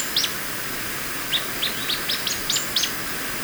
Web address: Natures Songs S America Birds of Ecuador Streaked Xenops